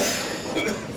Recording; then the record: coughing mixed with background sound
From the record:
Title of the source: Spring Cold Coughing 3